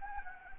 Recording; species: mosquito wingbeat signal from an infrared sensor; Anopheles gambiae